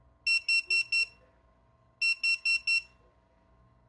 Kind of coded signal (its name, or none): none